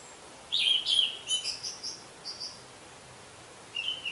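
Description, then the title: Orange-headed thrush song, a short cluster of bright chirps and whistled notes, then a gap and one final brief phrase. "Anis Merah"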